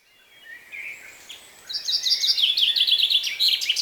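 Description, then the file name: Common chaffinch song: a soft lead-in of high notes, then a loud, rapid run of repeated notes. "Fringilla coelebs"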